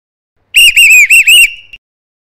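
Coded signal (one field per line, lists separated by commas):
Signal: whistle signal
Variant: Bharat Scouts and Guides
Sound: a rapid run of short, trilling whistle blasts, then a brief fading tail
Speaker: small continuous whistles mean run fast and come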